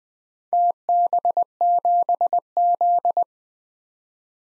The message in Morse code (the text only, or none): TB7Z